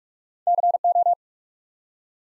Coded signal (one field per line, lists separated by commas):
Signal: Morse code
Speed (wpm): 44 wpm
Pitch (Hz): 700 Hz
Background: none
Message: CO